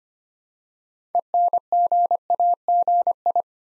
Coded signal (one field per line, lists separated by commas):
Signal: Morse code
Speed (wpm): 25 wpm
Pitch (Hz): 700 Hz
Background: none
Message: ENGAGI